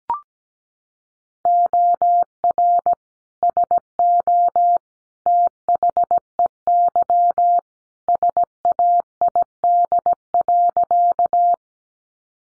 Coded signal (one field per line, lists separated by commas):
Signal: Morse code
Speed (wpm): 17 wpm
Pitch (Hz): 700 Hz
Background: none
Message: OR SO THEY SAID.